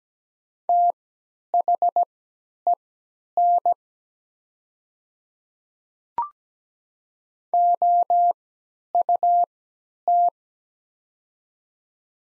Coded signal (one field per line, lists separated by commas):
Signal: Morse code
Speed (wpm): 17 wpm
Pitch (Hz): 700 Hz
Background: none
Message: THEN OUT